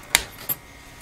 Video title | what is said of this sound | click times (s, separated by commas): HP ProDesk 600 G1 SFF: How to Add RAM | on the left side you heard a snap on the right side you'll hear snap too | 0.2 s